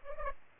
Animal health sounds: mosquito wingbeat signal from an infrared sensor; Culex pipiens

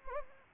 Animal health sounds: mosquito wingbeat signal from an infrared sensor; Anopheles gambiae

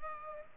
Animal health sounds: mosquito wingbeat signal from an infrared sensor; Culex pipiens

